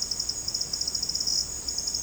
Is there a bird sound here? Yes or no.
no